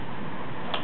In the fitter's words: slide the lever away from you as far as it will go until it clicks